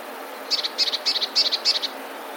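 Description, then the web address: Eurasian blue tit song, a short three-note phrase, one high note and two lower, repeated five times in quick succession. "wroblowe teka modraszkoteka"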